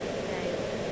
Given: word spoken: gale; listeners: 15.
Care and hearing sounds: one English word in noise, from a listening test; speech-shaped noise; -6.5 dB; 1 of 15; 8 of 15; 0.52 s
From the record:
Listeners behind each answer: 8, 1, 1, 1, 1, 1, 1, 1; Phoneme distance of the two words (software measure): 10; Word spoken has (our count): 1 syllable, 3 phonemes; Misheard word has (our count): 1 syllable, 3 phonemes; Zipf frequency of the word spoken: 3.62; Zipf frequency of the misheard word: 4.18

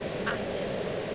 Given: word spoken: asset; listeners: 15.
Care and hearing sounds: one English word in noise, from a listening test; speech-shaped noise; -6.6 dB; 1 of 15; 14 of 15; 0.75 s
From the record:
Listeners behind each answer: 14, 1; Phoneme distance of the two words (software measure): 20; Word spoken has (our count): 2 syllables, 4 phonemes, stress on syllable 1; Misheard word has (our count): 2 syllables, 4 phonemes, stress on syllable 1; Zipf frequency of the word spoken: 3.82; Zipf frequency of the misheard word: 4.01

